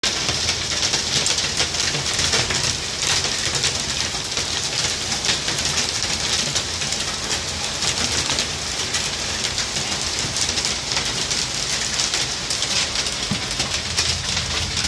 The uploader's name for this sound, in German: Etwas Hagel